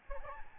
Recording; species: mosquito wingbeat signal from an infrared sensor; Aedes albopictus